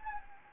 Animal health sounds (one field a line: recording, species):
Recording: mosquito wingbeat signal from an infrared sensor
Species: Anopheles gambiae